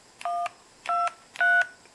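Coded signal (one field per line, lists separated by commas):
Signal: DTMF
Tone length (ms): 230 ms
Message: 123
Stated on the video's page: DTMF tones decoded with an MT8870 decoder and ATMega328p microcontroller.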